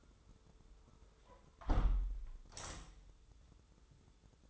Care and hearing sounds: daily activity, microphone in the room; close window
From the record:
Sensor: 3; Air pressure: 995.8 hPa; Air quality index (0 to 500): 94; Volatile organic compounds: 12 ppm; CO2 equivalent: 2336 ppm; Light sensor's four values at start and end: 28/84/35/31 and 27/82/34/30

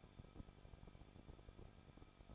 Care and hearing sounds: daily activity, microphone in the room; no activity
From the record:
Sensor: 5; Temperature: 20.8 degrees Celsius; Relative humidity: 38.3%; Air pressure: 1006.5 hPa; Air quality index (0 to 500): 190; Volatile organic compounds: 20 ppm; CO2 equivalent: 2679 ppm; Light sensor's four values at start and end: 2/3/1/1 and 2/3/1/1

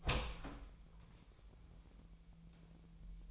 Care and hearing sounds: daily activity, microphone in the room; open door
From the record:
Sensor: 1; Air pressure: 1001.5 hPa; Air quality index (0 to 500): 249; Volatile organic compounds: 126 ppm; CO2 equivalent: 3909 ppm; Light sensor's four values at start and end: 11/27/11/12 and 9/22/9/9

